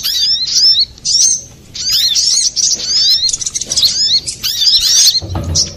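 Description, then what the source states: Little spiderhunter song: rapid, high, arched chirps in dense bursts with short pauses, ending with a brief low thump. Master recording for training cage birds; Indonesian name sogok ontong, labelled Labaik.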